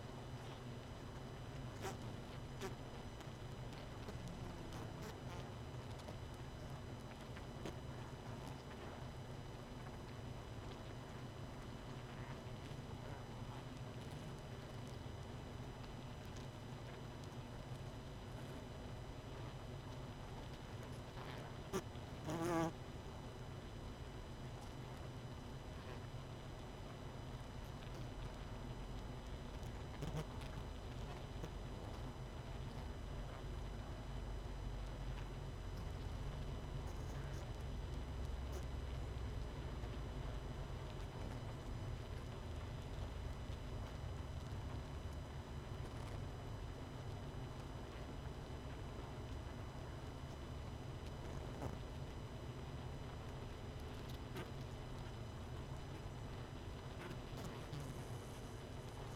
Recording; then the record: honeybee colony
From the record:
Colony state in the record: missing queen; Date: 31 May 2018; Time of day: 21:42